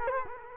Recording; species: mosquito wingbeat signal from an infrared sensor; Culex quinquefasciatus